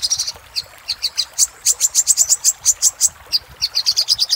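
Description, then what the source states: Little spiderhunter giving shrill, evenly spaced chip notes that quicken into a brisk series before a short break. Used for training cage birds.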